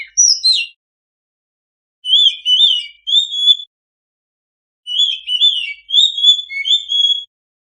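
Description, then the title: Oriental magpie-robin song in short bursts of clear whistles and warbled notes, several phrases separated by pauses. Master recording of a kacer singing vigorously, meant as a training song for owners of kacer that do not sing. "mster Mnuk. Suara Masteran Kacer Gacor. Yang Punya Kacer Bisu Wajib Masuk"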